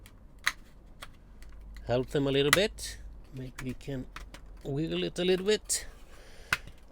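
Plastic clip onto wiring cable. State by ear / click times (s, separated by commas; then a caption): seated / 6.5 s. A tight plastic clip is pressed down onto a wiring cable while being wiggled, with small clicks and taps before and between bursts of someone talking. It snaps home with a sharp, loud snap at 6.5 seconds, seating the clip.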